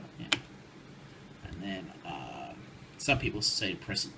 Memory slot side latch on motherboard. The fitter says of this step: make sure you first pop off these little latches on the side these are the sides you just go like that yeah